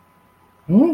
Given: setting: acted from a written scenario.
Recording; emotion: vocal sound without words; confusion